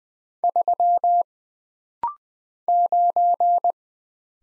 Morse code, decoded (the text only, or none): 3 9